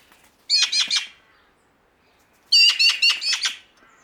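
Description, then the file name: Eurasian magpie giving two bursts of harsh, rattling chatter, each of several rapid notes, separated by a short pause. "Pica pica"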